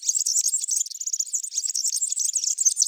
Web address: Serinus serinus